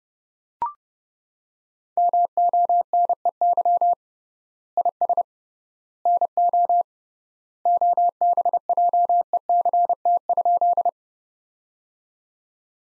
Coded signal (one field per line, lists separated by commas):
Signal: Morse code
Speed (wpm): 30 wpm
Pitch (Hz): 700 Hz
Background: none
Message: MONEY IS NO OBJECT?